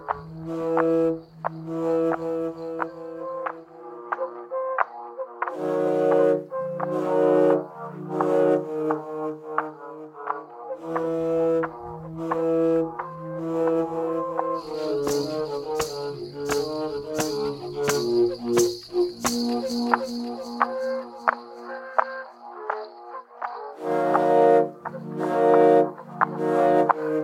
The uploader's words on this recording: Sound materials recorded between 2012 and 2014 by the composer and music therapist Claudio Vinicius Fróes Fialho (Vinicius Jibhajan) in Yawalapiti Village, in the Xingu river region in Mato Grosso, Brazil.